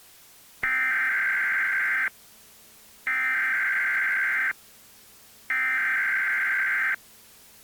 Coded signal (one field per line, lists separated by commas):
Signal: Emergency Alert System (SAME) tones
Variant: header bursts